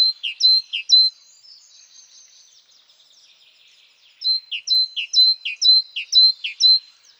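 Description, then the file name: Great tit song: a bright two-note phrase, a high note then a lower note, repeated steadily in a quick series, a soft chattering pause, then the series again. "Kjøttmeis"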